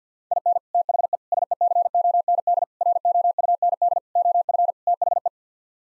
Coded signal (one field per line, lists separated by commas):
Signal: Morse code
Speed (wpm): 50 wpm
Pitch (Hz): 700 Hz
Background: none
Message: IN THE SECOND ROUND OF THE